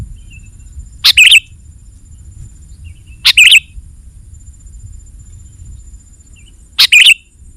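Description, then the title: Sooty-headed bulbul song: three short bubbly phrases of bright chirps, a few seconds apart, with soft low background noise. "kutilang"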